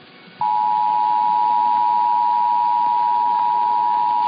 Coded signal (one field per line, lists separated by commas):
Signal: Emergency Alert System (SAME) tones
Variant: 853 and 960 Hz attention tone